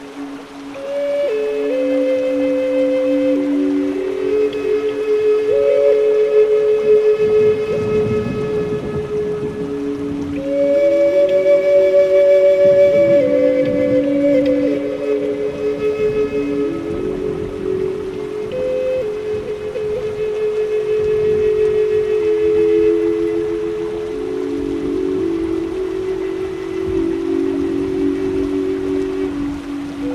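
A Native American flute plays long, slow held notes, shifting pitch every few seconds and sometimes sounding two tones together. The level stays steady with a gentle swell between about 10 and 15 seconds, over a faint, constant hiss underneath.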